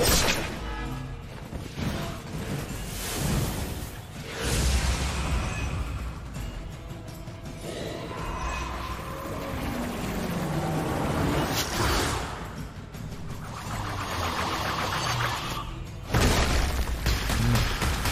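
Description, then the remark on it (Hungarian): A dense, loud run of action sound effects: sharp slaps and crashing impacts burst out at intervals over a busy, rumbling mix, with no one speaking, as Spider-Man takes a big slap again. “Szegény pókember mekkora pofont kapott megint.”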